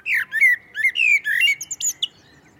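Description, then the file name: Common blackbird song: a run of slurred whistled notes followed by a thin, high twittering ending. "Turdus merula"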